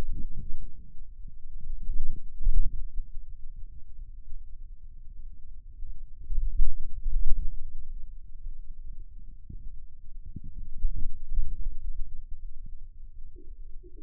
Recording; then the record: forearm muscle sounds (acoustic myography)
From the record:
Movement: radial deviation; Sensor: system 2, bracelet of six BSWA MPA416 microphones around the upper forearm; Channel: 5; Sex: male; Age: 22 years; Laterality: right